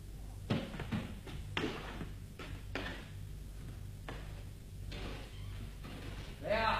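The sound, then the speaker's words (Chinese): Someone knocks on a door at nearly eleven at night: a series of dull knocks, irregularly spaced thuds spread over several seconds against a low background hum, ending with a brighter rattling sound. “您听，有人敲门。”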